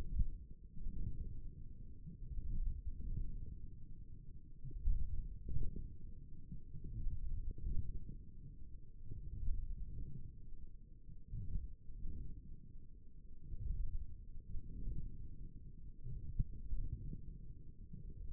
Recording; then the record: forearm muscle sounds (acoustic myography)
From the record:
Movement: wrist flexion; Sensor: system 1, eight BSWA MPA416 microphones around the upper forearm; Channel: 1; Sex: male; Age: 28 years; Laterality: right